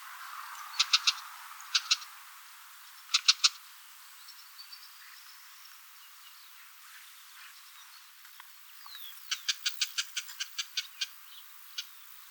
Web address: lanius collurio call